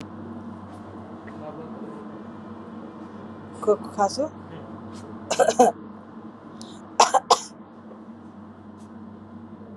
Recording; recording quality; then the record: shallow voluntary cough; moderate, slight background noise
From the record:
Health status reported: COVID-19 positive, mild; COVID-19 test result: positive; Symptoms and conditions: loss of smell and taste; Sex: female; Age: 55 years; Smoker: not ticked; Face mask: not worn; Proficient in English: yes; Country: India